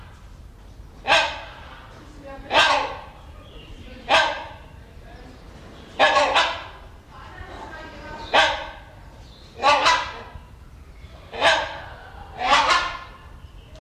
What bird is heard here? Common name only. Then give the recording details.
Rhinoceros Hornbill. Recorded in captivity. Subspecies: borneoensis. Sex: pair. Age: adult. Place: Zoo Berlin, Berlin, DE. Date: 1988-10-07 12:31. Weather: bedeckt, 12°C, Wind. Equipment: Sony WM-D6C, Kopie Uher. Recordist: Tembrock, Günter